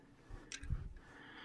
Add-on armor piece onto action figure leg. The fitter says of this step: so it's going to push it back and it's all going to snap right in there you see it